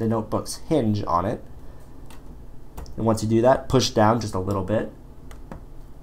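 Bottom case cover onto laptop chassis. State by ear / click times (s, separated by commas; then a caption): seated / 5.3 s, 5.5 s. Someone talks while the plastic bottom case of a 2010 MacBook is lined up, with its cut-out side matched to the hinge side, and pressed down onto the laptop chassis. Two faint clicks sound at 5.3 and 5.5 seconds as the bottom cover seats into place.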